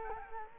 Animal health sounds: mosquito wingbeat signal from an infrared sensor; Culex quinquefasciatus

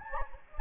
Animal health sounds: mosquito wingbeat signal from an infrared sensor; Anopheles gambiae

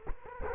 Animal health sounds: mosquito wingbeat signal from an infrared sensor; Culex quinquefasciatus

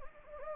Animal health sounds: mosquito wingbeat signal from an infrared sensor; Anopheles gambiae

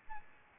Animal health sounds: mosquito wingbeat signal from an infrared sensor; Aedes albopictus

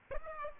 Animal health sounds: mosquito wingbeat signal from an infrared sensor; Aedes aegypti

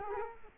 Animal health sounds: mosquito wingbeat signal from an infrared sensor; Culex quinquefasciatus

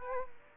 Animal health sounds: mosquito wingbeat signal from an infrared sensor; Aedes aegypti

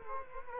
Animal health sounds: mosquito wingbeat signal from an infrared sensor; Culex quinquefasciatus

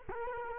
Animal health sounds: mosquito wingbeat signal from an infrared sensor; Culex quinquefasciatus

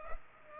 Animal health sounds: mosquito wingbeat signal from an infrared sensor; Culex pipiens

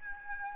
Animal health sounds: mosquito wingbeat signal from an infrared sensor; Aedes albopictus

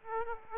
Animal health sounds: mosquito wingbeat signal from an infrared sensor; Aedes aegypti

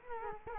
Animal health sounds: mosquito wingbeat signal from an infrared sensor; Culex quinquefasciatus

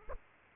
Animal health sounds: mosquito wingbeat signal from an infrared sensor; Aedes aegypti

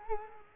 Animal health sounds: mosquito wingbeat signal from an infrared sensor; Culex quinquefasciatus

